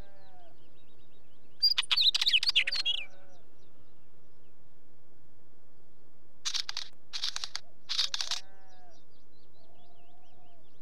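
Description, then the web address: Northern Wheatear song: two bursts of harsh, crackling, scratchy notes, the second split into three short rattling phrases. "BBC Sound Effects Library. Wheatear"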